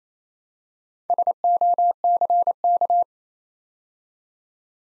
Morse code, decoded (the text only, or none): SOCK